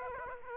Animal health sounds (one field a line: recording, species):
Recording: mosquito wingbeat signal from an infrared sensor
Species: Aedes aegypti